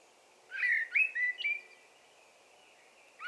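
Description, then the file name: Common blackbird whistling a short run of rich, fluty notes that slur up and down, then a quiet pause and the start of another note. "Turdus merula"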